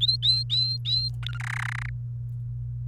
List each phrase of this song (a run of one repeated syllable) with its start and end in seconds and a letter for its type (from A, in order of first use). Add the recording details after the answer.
0.01-1.08 A, 1.23-1.38 B, 1.40-1.89 C. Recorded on 28 April 2018 at 06:00. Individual llb3